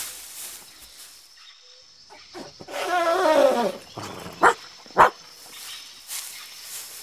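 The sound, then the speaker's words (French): The dog Milou whimpers in a wavering, high-pitched whine for about a second, then lets out two short, sharp barks in quick succession before things go quiet again. No one speaks. “Milou ne ferait pas de mal à une mouche.”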